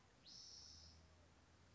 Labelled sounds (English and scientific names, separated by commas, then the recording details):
Spotted Towhee (Pipilo maculatus)
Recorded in Sonoma County, California